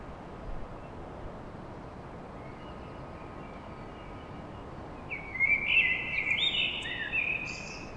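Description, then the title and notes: Common blackbird: after a quiet stretch, bursts into a warbled fluty phrase with scratchy high notes at the end, over a faint background hum. Recorded at dawn in Paris. "Blackbird Poetry At Paris. Enregistrement d'un chant de merle à l'aube dans Paris"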